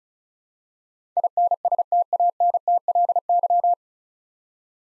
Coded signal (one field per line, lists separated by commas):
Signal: Morse code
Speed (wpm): 36 wpm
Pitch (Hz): 700 Hz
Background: none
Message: INSTANTLY